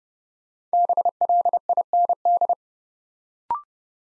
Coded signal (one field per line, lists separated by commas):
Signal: Morse code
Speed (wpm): 30 wpm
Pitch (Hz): 700 Hz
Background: none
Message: BLIND